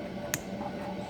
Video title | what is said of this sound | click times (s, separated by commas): Building My Car From The Frame Up, Episode 31, Windshield, Filler Hose, Tail Lights, Trim Pieces. | Snaps in place. | 0.3 s